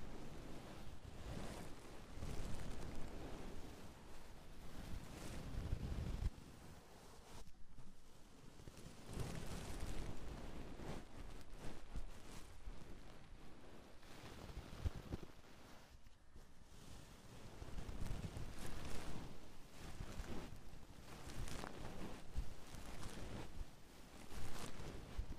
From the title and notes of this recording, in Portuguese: ASMR EAR MASSAGE 3DIO. ASMR massageando seus ouvidos com pincel, creme, esponja.